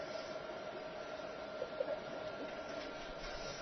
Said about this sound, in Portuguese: Peraí, tá tudo maluco hoje aqui, toca musiquinha, a impressora funciona sozinha. Deve ser um poltergeist.